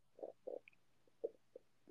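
Six brief, irregular low gurgles within two seconds: ordinary stomach rumbling from an adult's abdomen, normal bowel sounds.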